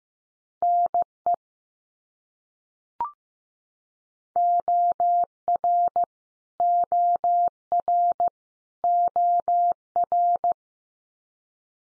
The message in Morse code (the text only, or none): NE OR OR OR